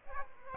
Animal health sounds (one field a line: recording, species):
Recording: mosquito wingbeat signal from an infrared sensor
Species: Aedes aegypti